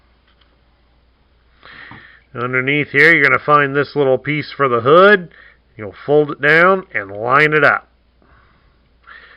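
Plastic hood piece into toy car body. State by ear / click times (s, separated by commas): not seated / none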